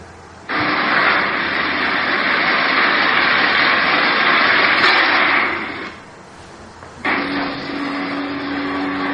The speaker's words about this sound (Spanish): Y esos serían aviones volando.